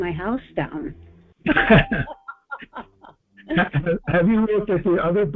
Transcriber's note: laughs